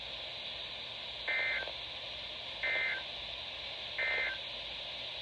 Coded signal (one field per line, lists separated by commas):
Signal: Emergency Alert System (SAME) tones